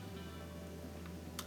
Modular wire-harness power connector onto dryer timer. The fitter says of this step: only go on one way so you keep trying until it slips on and clicks into place there we go